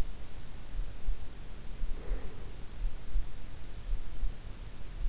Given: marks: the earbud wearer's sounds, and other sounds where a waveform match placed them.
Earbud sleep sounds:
sounds in sleep by an in-ear microphone; breath
1.12-3.20 s: breath

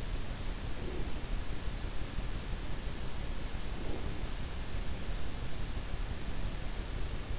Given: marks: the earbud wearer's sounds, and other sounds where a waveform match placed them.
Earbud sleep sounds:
sounds in sleep by an in-ear microphone; breath
0.80-1.22 s: breath
3.77-4.16 s: breath

